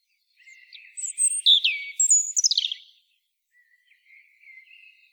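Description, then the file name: European robin song phrase of high sliding whistles and a fast descending twitter, followed by a few faint, thin drawn-out notes. "Erithacus rubecula"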